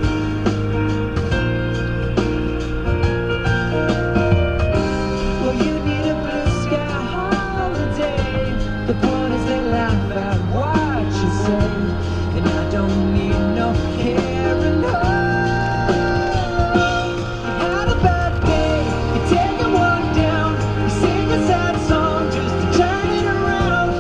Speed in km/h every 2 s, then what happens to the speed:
64, 64, 64, 63, 61, 58, 58, 56, 56, 60, 61, 58.
0-13 slows to 56. 13-24 steady at about 58.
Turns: none.